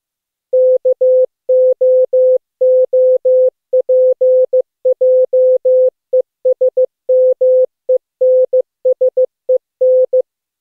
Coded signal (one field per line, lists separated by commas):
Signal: Morse code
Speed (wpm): 16 wpm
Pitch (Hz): 510 Hz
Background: none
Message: KOOPJESMENSEN